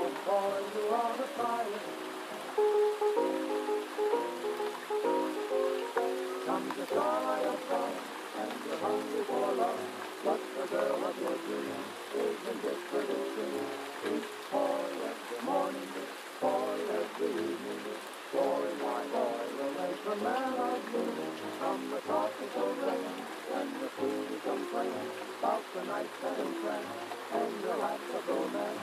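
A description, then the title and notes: Old-time music plays from another room, its singing and melody muffled but continuous, with notes and voices shifting throughout. Underneath, gentle night rain keeps up a soft, even hiss that never changes pace. Gentle Night Rain & Oldies Playing in Another Room.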